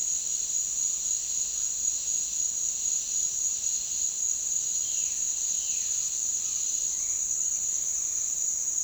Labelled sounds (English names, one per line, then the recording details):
Violaceous Jay
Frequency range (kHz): Violaceous Jay 1.0-3.9 kHz
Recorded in dense forest near Puerto Asís, Putumayo, Colombia, on 4 March 2025 at 08:30
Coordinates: 0.499, -76.324
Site GP03